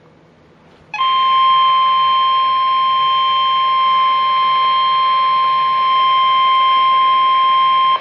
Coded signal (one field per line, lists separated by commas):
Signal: Emergency Alert System (SAME) tones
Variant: 1050 Hz attention tone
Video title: Severe Thunderstorm Watch (EAS #154)